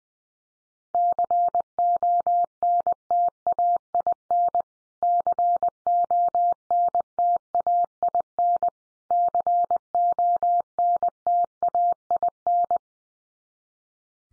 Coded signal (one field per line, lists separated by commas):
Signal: Morse code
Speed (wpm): 19 wpm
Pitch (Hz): 700 Hz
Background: none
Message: CONTAIN CONTAIN CONTAIN